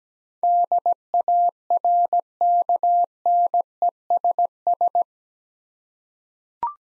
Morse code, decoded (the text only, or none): DARKNESS